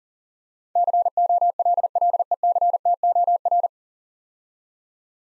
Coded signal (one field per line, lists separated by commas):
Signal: Morse code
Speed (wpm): 42 wpm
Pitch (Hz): 700 Hz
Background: none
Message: COLLECTOR